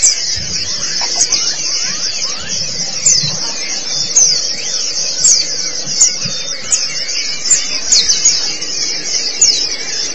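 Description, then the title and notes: White-eye twittering: a continuous, high, buzzy chatter with occasional clearer chirps rising above it. "Kicauan Burung Pleci Durasi Panjang. Suara kicauan burung pleci"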